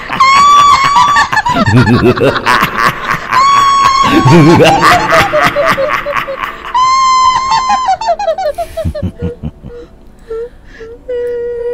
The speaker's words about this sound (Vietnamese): Hào hét lên một tiếng, chạy.